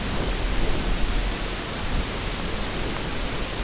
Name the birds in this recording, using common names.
none